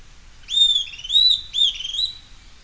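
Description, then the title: Bird song: three loud whistled phrases, each a rising then level sweep with a higher overtone, given in quick succession over a faint low hum. "LuckyPassaro Completos2Sama"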